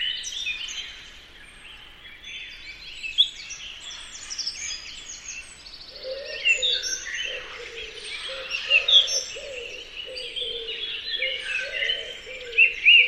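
Birds calling, a dense chorus of high chirps and trills, joined midway by a repeated lower warbling phrase.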